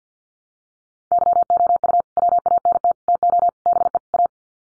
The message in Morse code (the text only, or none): YOU WANT TO BE A